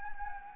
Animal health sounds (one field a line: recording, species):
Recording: mosquito wingbeat signal from an infrared sensor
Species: Anopheles gambiae